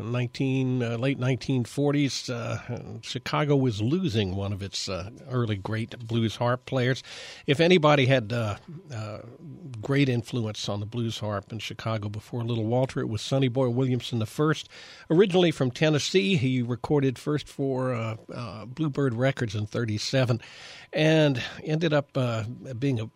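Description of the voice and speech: An adult man narrates at a steady, relaxed pace in a low, clear voice, with natural short pauses between phrases. Articulation is crisp, with no blocks, repeats, slurring or hoarseness: ordinary fluent speech in a quiet room.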